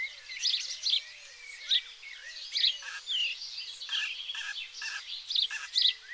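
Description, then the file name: House sparrow chirps, bright notes repeated at irregular intervals, over a busy background of faint thin whistles and several short clicking bursts. "Passer domesticus"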